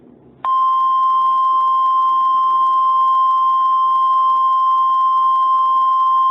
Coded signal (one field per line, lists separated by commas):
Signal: Emergency Alert System (SAME) tones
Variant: 1050 Hz attention tone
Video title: Toxic Storm (EAS Scenario)